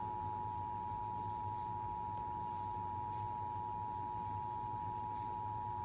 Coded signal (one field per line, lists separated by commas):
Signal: Emergency Alert System (SAME) tones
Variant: 853 and 960 Hz attention tone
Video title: 2021 VA Tornado Drill(EAS 437-457)